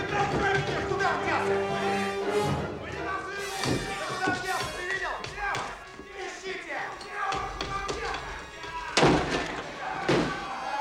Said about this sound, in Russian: Выбежавший на лестницу Биф видит закрывающуюся сверху дверь.